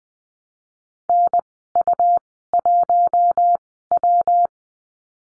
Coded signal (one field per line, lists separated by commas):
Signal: Morse code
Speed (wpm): 20 wpm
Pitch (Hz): 700 Hz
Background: none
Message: NU1W